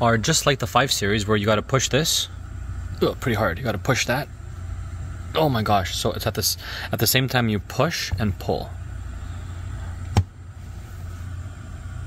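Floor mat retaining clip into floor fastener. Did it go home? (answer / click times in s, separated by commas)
yes / 10.2 s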